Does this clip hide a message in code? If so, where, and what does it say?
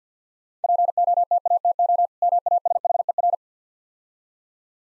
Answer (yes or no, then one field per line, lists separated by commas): yes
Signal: Morse code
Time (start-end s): 0.6-3.3 s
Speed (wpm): 50 wpm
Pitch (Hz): 700 Hz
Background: none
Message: POTATO MASHER